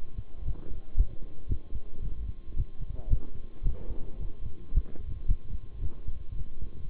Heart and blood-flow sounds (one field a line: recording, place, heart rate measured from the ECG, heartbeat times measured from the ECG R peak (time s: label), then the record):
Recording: heart sounds by stethoscope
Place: between the tricuspid and mitral areas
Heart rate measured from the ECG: 112 bpm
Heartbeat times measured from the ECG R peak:
0.45 s: heartbeat
0.97 s: heartbeat
1.49 s: heartbeat
2.02 s: heartbeat
2.56 s: heartbeat
3.10 s: heartbeat
3.64 s: heartbeat
4.19 s: heartbeat
4.74 s: heartbeat
5.28 s: heartbeat
5.82 s: heartbeat
6.36 s: heartbeat
6.89 s: heartbeat
From the record:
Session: bicycle stress test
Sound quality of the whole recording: good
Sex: male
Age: 23 years